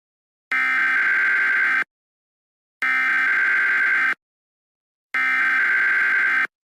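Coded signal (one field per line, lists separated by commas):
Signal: Emergency Alert System (SAME) tones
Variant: header bursts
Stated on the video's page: Simulated EAS scenario for a fictional statewide Texas tornado outbreak.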